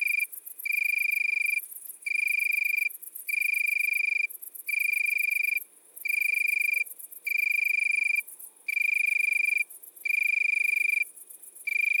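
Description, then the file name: Italian tree cricket singing a sustained high, pure-toned trill in bursts of roughly a second, with short pauses between them in a steady rhythm. Recorded at midnight at Le Puech, Cantal. "grillon-d Italie-a-minuit-Le-Puech-Cantal"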